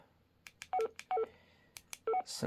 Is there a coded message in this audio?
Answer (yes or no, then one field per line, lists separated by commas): no